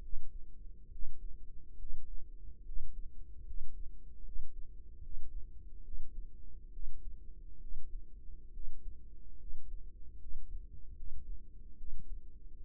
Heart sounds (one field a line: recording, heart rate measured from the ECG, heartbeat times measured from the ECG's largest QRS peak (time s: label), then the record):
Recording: heart sounds by microphone in the right ear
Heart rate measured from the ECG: 71 bpm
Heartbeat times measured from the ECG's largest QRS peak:
0.00 s: heartbeat
0.90 s: heartbeat
1.77 s: heartbeat
2.64 s: heartbeat
3.44 s: heartbeat
4.23 s: heartbeat
5.01 s: heartbeat
5.83 s: heartbeat
6.71 s: heartbeat
7.59 s: heartbeat
8.52 s: heartbeat
9.38 s: heartbeat
10.19 s: heartbeat
10.95 s: heartbeat
11.76 s: heartbeat
From the record:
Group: healthy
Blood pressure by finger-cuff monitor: 97/52 mmHg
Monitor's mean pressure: 65 mmHg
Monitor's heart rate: 70 bpm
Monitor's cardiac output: 6.3 L/min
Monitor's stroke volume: 87 mL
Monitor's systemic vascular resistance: 680 dyn s/cm5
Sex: female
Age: 22 years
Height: 157 cm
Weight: 47.6 kg